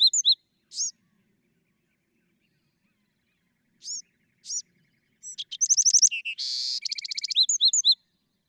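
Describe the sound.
Bewick's wren song: a few scattered high arched notes with silence between, then a loud rapid trill, a harsh buzz and a quick run of bright notes.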